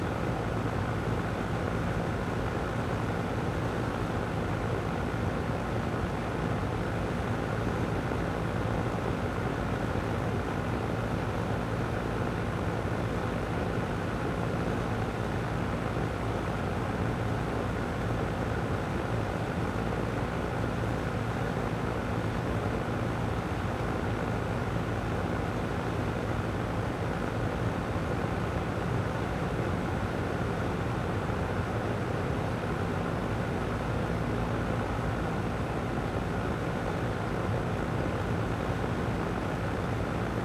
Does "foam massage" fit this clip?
no